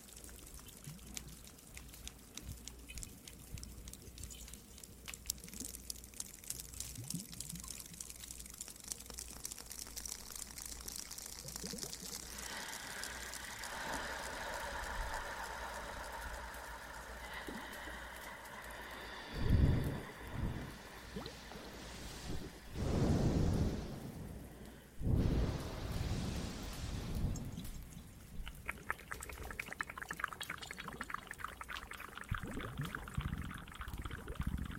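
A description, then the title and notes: Water and a crackling fire in a cave: a dense, steady patter of small pops and drips fills the first half. From about 12 seconds a rushing hiss rises, with heavy low whooshing surges near 20, 23 and 25–28 seconds before the crackle settles again. Some more Cave ASMR, Water and Fireplace added.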